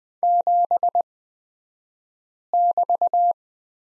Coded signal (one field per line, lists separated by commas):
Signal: Morse code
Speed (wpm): 20 wpm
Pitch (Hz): 700 Hz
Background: none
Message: 7<BT>